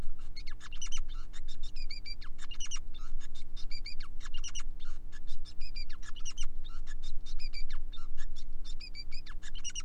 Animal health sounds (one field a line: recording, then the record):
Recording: song of a male Bengalese finch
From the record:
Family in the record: son of father 5